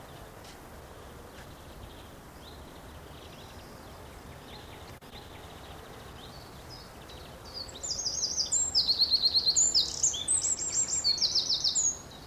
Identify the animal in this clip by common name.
Eurasian Wren